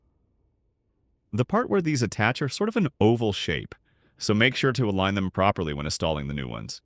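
A new silicone ear tip for AirPods Pro wireless earbuds is being lined up on the oval attachment of the earbud nozzle while someone talks, after about 1.3 seconds of near silence. Nothing has snapped or seated yet, as the clip ends before the tip is pushed home.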